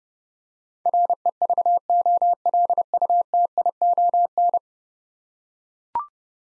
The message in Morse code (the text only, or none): REVOLUTION